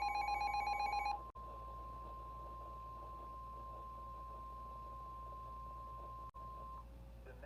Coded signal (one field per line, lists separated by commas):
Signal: Emergency Alert System (SAME) tones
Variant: 1050 Hz attention tone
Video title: EAS Alerts From 6/29/24 (EAS #2631-2670)